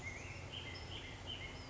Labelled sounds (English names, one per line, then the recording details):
Black-headed Grosbeak
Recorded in Sonoma County, California